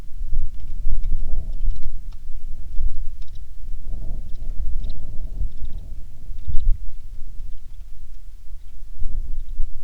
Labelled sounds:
songbird, wind
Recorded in the Prudhoe Bay oil fields, Alaska, on 27 July 2019 at 18:38
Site 19

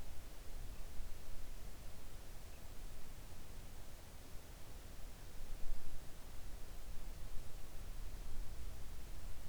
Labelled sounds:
songbird
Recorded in the Arctic National Wildlife Refuge, Alaska, on 3 August 2019 at 06:09
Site 41

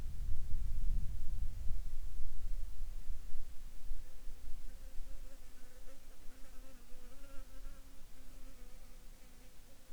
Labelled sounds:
insects
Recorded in the Arctic National Wildlife Refuge, Alaska, on 9 July 2019 at 13:43
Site 41

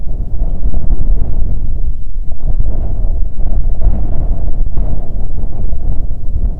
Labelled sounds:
bird, wind
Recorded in the Prudhoe Bay oil fields, Alaska, on 25 July 2019 at 01:47
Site 11

